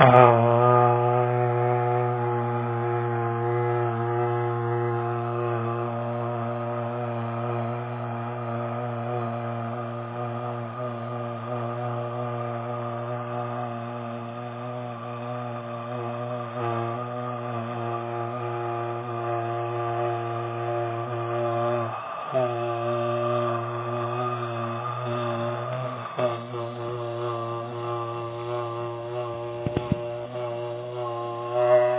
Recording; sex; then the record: sustained vowel /a/; male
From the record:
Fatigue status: no fatigue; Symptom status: asymptomatic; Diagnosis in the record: COVID-19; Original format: 3gp